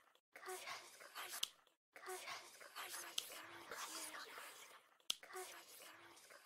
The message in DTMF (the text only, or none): none